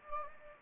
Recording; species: mosquito wingbeat signal from an infrared sensor; Anopheles gambiae